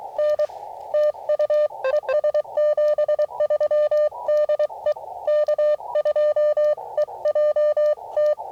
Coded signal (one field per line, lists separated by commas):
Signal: Morse code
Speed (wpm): 23 wpm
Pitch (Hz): 600 Hz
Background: none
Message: N TU ES 73 DE K2EJT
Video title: CW POTA at US-5221 with the AD8HK 9:1 Antenna